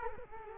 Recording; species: mosquito wingbeat signal from an infrared sensor; Culex quinquefasciatus